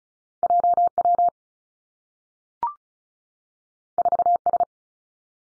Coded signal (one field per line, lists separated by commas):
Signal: Morse code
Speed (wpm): 36 wpm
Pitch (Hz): 700 Hz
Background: none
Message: J W 4 S